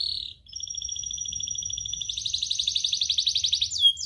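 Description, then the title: Atlantic canary song: a short note, then a high trill that thickens into a rich buzzy roll, ending with a swept note. Actively singing (gacor) canary with rich song phrasing (cengkok) and fill-in phrases (isian), from the Indonesian songbird hobby (kicaumania). "Kenari Gacor Cengkok Isian Kenarigacor Kicaumania Kenari"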